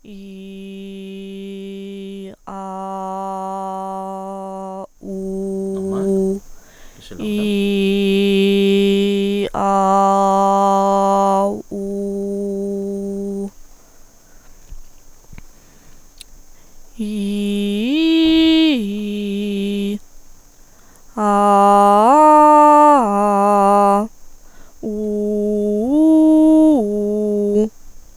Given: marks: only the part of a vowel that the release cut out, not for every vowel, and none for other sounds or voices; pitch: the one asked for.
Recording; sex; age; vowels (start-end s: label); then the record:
sustained vowels; female; 20 to 29 years
0.26-2.16 s: vowel /i/, low pitch
2.67-4.66 s: vowel /a/, low pitch
11.87-13.33 s: vowel /u/, low pitch
17.22-19.80 s: vowel /i/, low-high-low pitch
21.34-23.88 s: vowel /a/, low-high-low pitch
25.02-27.50 s: vowel /u/, low-high-low pitch
From the record:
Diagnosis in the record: healthy voice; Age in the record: 22 years